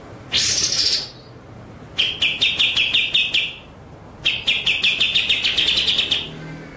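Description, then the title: White-rumped shama singing: a piercing sweeping note, then two long runs of quick, evenly spaced chattering notes, each lasting about two seconds. Masteran (training) track of full 'ngerol' and 'nembak' song styles. "Masteran Murai Batu Full Ngerol Nembak"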